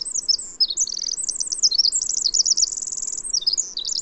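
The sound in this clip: Bird song: a rapid, high-pitched run of twittering notes and fast trills, jumping up and down without pause over four seconds, with a faint steady hiss beneath.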